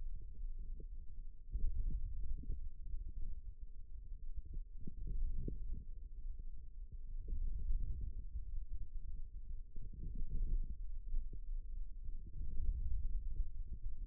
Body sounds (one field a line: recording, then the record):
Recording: forearm muscle sounds (acoustic myography)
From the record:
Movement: radial deviation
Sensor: system 2, bracelet of six BSWA MPA416 microphones around the upper forearm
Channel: 4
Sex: male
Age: 22 years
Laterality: right